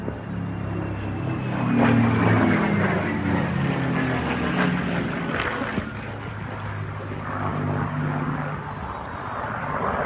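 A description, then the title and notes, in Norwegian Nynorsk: A fighter plane drones past, its deep, steady engine rumble swelling to a peak around two seconds and then easing gradually. A faint thin whine slides slowly downward as the aircraft moves away, while the engine roar lingers without breaks. Jagarfly på Biltema-opning. På opningsdagen kom Biltema sitt eige Spitfire-jagarfly på besøk.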